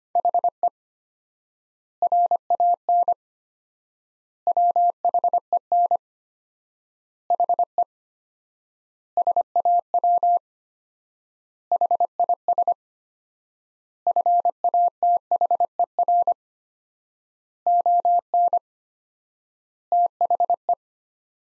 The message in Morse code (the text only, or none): HE RAN WHEN HE SAW HIS FATHER ON THE